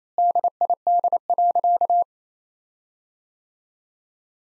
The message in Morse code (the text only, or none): DID.